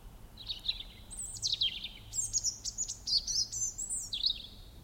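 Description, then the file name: European robin song: thin, high, tumbling phrases of sweet whistles and quick trills, shifting pitch up and down almost without pause, over a faint low hum. "Erithacus rubecula"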